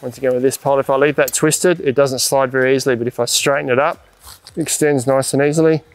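Someone talks while handling a telescoping upright leg pole of a Coleman Instant Up 8P Lighted Northstar Darkroom tent frame, straightening it so it slides out easily instead of sticking when twisted. Speech fills most of the clip, with a brief quieter gap near 4.0–4.5 s. The pole's spring lock pin has not yet clicked into place when the clip ends.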